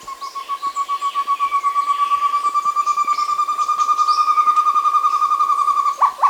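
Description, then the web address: Short-tailed antthrush song: a long, rapid, steady run of hollow hooting notes on one pitch, growing slightly louder. Andean bird of South America. "S America Andean Birds. Short-Tailed Antthrush (Chamaeza Campanisona)"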